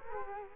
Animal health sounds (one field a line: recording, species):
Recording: mosquito wingbeat signal from an infrared sensor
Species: Culex quinquefasciatus